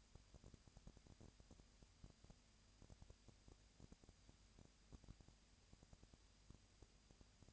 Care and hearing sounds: daily activity, microphone in the room; no activity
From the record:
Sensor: 2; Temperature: 20.3 degrees Celsius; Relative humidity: 37.0%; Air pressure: 998.6 hPa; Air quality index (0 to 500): 236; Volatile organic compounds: 38 ppm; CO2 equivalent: 3120 ppm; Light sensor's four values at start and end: 2/3/2/2 and 2/3/2/2

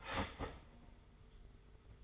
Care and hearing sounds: daily activity, microphone in the room; start toaster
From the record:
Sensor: 4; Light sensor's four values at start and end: 19/61/23/23 and 18/57/21/21

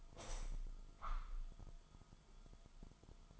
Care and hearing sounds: daily activity, microphone in the room; open window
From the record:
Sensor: 5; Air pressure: 1004.8 hPa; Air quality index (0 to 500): 84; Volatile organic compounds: 2 ppm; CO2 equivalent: 1012 ppm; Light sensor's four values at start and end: 34/79/32/31 and 34/79/32/31

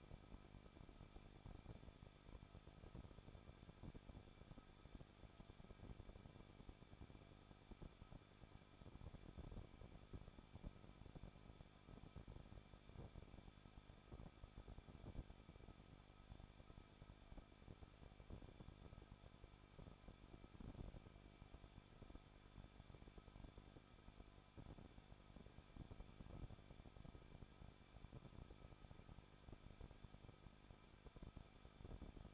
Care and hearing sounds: daily activity, microphone in the room; no activity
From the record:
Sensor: 5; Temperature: 20.9 degrees Celsius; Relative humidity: 38.3%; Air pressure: 1006.4 hPa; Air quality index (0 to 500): 190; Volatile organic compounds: 20 ppm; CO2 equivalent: 2673 ppm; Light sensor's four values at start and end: 2/3/1/1 and 2/3/1/1

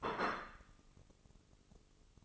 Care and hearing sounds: daily activity, microphone in the room; place plate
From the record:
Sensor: 4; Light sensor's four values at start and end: 13/36/13/13 and 13/36/13/13

